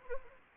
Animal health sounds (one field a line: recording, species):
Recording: mosquito wingbeat signal from an infrared sensor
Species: Anopheles arabiensis